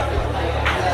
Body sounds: background sound without coughing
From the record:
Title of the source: CITY SOUNDS Busy Bar in the Evening Night - 2 HOURS of Ambiance for Relaxation

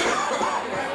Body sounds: coughing mixed with background sound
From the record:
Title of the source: Spring Cold Coughing 2

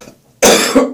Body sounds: coughing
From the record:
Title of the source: Spring Cold Coughing 3

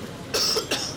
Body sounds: coughing mixed with background sound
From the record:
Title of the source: November cold (wet coughing)

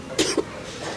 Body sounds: coughing mixed with background sound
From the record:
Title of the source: 55 gaggy wet cough

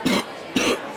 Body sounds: coughing mixed with background sound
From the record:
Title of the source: 60 coughing still (deep and wet cough)

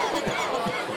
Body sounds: coughing mixed with background sound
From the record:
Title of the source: Dry Coughing Fit in the Afternoon.

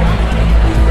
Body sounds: background sound without coughing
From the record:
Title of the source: Party Noise 1 Hour Party Ambience

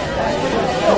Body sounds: background sound without coughing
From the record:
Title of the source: Nightlife Party Simulating Party Club Noise 1 Hour

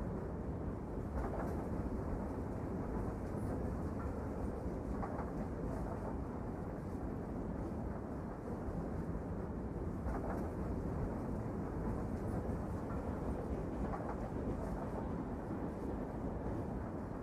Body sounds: background sound without coughing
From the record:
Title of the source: Train Ride Ambience ambient white noise for sleeping, focus, studying, reading

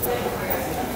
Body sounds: background sound without coughing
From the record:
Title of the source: 40 min - Ambience sounds UNIVERSITY lunchroom chatting

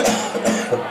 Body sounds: coughing mixed with background sound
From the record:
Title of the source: Cough Around the Clock!

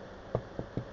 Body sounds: background sound without coughing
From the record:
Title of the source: wind

